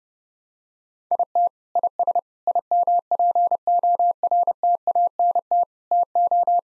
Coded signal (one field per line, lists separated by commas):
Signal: Morse code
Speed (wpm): 30 wpm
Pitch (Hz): 700 Hz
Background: none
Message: IT IS IMPORTANT TO